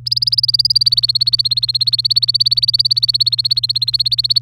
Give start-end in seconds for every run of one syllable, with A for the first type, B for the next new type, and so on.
0.06-4.39 A